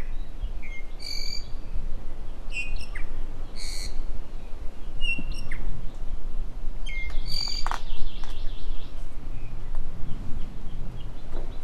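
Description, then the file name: Iiwi giving scattered squeaky, high calls and short whistled notes over a constant low rumble. "Iiwi Drepanis coccinea"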